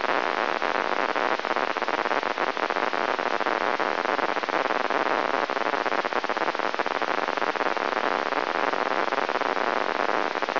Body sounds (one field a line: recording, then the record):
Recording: brain microelectrode recording played as sound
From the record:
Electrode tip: inside the subthalamic nucleus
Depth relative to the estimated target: -1 mm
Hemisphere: right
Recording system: AlphaMap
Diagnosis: Parkinson's disease